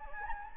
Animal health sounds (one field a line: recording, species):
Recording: mosquito wingbeat signal from an infrared sensor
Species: Anopheles gambiae